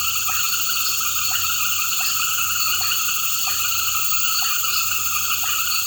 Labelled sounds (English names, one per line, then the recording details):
none
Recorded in pastures near Puerto Asís, Putumayo, Colombia, on 8 March 2025 at 19:30
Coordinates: 0.466, -76.322
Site CSA-02